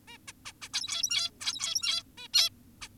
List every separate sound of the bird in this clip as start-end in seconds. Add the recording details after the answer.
0.08-0.18, 0.28-0.32, 0.46-0.53, 0.62-0.69, 0.73-1.31, 1.41-2.03, 2.18-2.28, 2.34-2.50, 2.82-2.88. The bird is an adult. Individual g17y2U